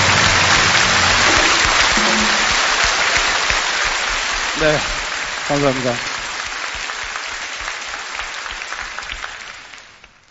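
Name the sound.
audience applause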